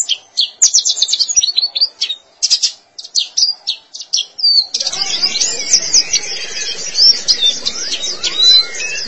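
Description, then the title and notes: White-eye song: first crisp, separate high twitters with gaps, then abruptly a dense, continuous twittering. Long-duration recording of the chirping song. "Kicauan Burung Pleci Durasi Panjang. Suara kicauan burung pleci"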